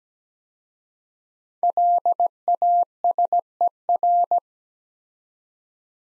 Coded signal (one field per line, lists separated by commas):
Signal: Morse code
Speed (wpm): 17 wpm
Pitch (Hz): 700 Hz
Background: none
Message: LASER